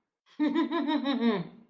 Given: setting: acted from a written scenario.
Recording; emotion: vocal sound without words; amusement